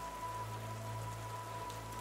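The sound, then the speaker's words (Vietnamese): Steady rain patters continuously on a surface during a graveside burial, a dense hiss of drops over a low, constant rumble like wind, with a faint steady hum and no voices. “Lúc đặt viên gạch cuối cùng lên cái nắm đất nhão nhoẹt, gãi giật mình xém chút nữa ngồi xuống vì trong tiếng mưa lộp độp, tiếng gió vi phúc là âm thanh băng lãnh như từ chốn u minh vọng về.”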